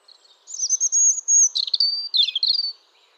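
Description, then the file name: European robin song, a thin high twittering phrase of sweet whistled notes and quick trills that wavers between pitches. "Erithacus rubecula"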